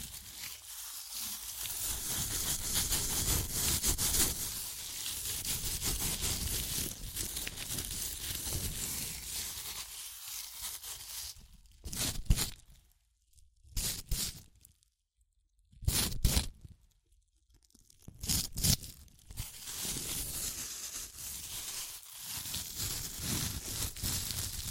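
Crunchy chips being crushed and eaten, a dense, steady crackle of brittle crinkling and tearing that fills the first twelve seconds. Around 12 to 18 seconds it breaks into short separate crunches with silent gaps, then the continuous crackling resumes until the end.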